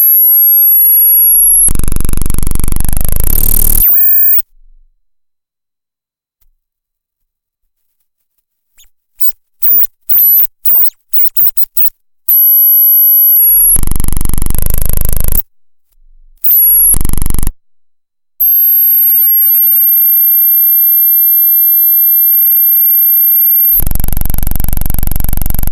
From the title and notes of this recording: Setup my trusty old EURORACK UB802 with cheap guitar cables from CRTL ROOM OUT L to 1, CRTL ROOM OUR R to 2 & FX SEND TO LINE IN 3/4 L & then spent hours on the floor recording squalls, buzzes and pulses to Audacity.